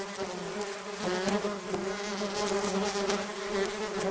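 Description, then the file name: Bees buzzing as a swarm, a continuous thick drone with slightly wavering loudness, many wingbeats blending into one hum. Recorded while surrounded by a swarm. "bees swarm sourrounded"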